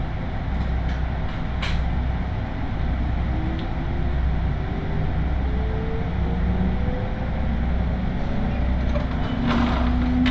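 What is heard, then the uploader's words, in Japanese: Steady low rumble inside a local train, with a slowly rising motor whine, occasional clicks and brief rattles near two and nine seconds. 東海道本線各駅停車 豊橋→西岡崎。最近は運用も減っている311系特有の加速感が分かると思います。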